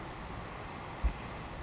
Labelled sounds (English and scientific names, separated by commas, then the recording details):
Savannah Sparrow (Passerculus sandwichensis)
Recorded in Sonoma County, California